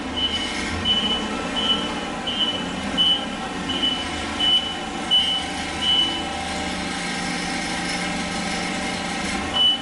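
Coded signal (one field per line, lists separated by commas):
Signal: alarm pattern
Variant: vehicle reversing beeper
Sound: repeated high beeps about every 0.7 seconds, 14 in ten seconds, over truck rumble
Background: truck engine and rattling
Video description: Truck reversing past with Beep Beep, back up alarm or reverse buzzer or beeper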